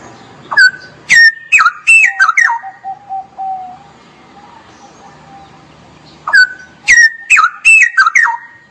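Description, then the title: Straw-headed bulbul song: two bursts of loud, gurgling whistled notes jumping up and down, separated by a pause of near quiet with a faint thin whistle. Song-tutoring (masteran) recording for caged birds; ropel style, actively singing (gacor); clear quality. "mster Mnuk. Masteran Burung CUCAK ROWO Kualitas Jernih. Cucak Rowo Ropel Gacor"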